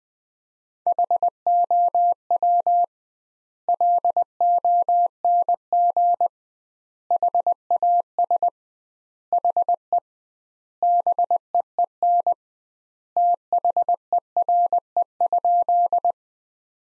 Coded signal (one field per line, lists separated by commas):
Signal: Morse code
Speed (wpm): 20 wpm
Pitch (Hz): 700 Hz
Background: none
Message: HOW LONG HAS HE BEEN THERE?